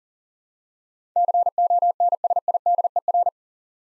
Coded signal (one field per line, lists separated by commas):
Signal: Morse code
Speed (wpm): 43 wpm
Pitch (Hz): 700 Hz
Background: none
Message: CONSIDER